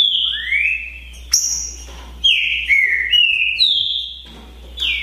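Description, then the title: Green-winged saltator singing loud whistled notes, falling and rising slurs separated by brief gaps, with one sharp high note breaking in. Song contest (disputa) between trinca-ferro birds Naval and Demolidor, 2022 season; birds calling, singing and 'macheando' in the contest. "TRINCA Piando, Cantando E Macheando Na DISPUTA. DISPUTA DE TRINCA FERRO NAVAL VS DEMOLIDOR 2022 TEMPORADA 2022"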